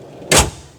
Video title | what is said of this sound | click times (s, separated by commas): New Customer Delivery Experience | and it just slides in and locks in place like so. | 0.3 s